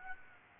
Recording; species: mosquito wingbeat signal from an infrared sensor; Aedes aegypti